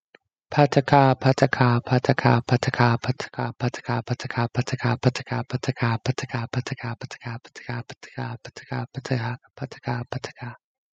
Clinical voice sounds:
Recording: repeated syllables /pa ta ka/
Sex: male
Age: 20 to 29 years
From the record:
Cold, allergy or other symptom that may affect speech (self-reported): no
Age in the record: 23 years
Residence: Minnesota, United States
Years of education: 13

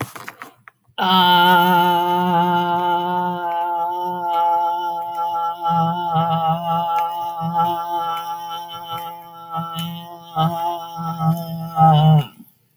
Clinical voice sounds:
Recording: vowel held as long as possible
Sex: female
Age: 40 to 49 years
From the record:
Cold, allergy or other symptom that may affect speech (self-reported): no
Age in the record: 46 years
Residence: Pennsylvania, United States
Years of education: 16

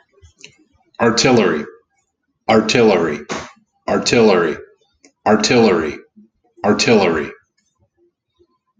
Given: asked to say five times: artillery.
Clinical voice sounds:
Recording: repeated word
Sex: male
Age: 40 to 49 years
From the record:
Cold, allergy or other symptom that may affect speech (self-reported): no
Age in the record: 40 years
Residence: Nebraska, United States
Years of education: 18

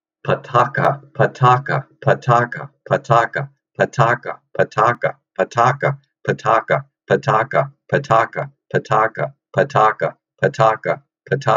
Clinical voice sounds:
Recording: repeated syllables /pa ta ka/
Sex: male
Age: 60 to 69 years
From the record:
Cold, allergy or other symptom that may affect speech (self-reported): no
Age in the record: 69 years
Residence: Delaware, United States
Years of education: 17

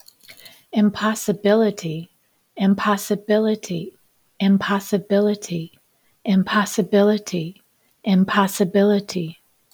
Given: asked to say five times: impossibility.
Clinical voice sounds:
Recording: repeated word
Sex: female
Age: 50 to 59 years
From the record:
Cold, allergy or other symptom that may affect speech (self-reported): no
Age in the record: 55 years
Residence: Georgia, United States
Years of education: 18

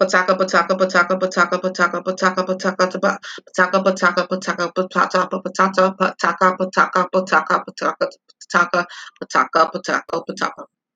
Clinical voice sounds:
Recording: repeated syllables /pa ta ka/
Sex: female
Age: 30 to 39 years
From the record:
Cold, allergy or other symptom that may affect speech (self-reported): no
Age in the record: 39 years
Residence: United States

